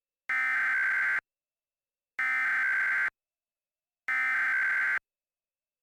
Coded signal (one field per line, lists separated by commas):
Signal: Emergency Alert System (SAME) tones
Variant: header bursts